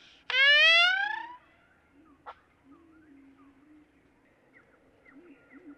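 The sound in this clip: Great-tailed grackle giving one loud, sharply rising harmonic whistle, followed by a single click and faint scattered notes over a low hum.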